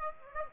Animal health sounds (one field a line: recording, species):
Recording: mosquito wingbeat signal from an infrared sensor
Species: Aedes aegypti